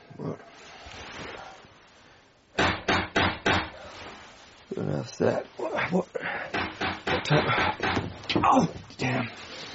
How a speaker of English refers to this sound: The watchman knocketh upon the door.